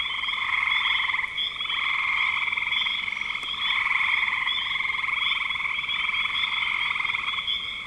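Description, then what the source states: Many frogs trilling together, a continuous rattling chorus that swells and eases slightly without pause. Spring 2025.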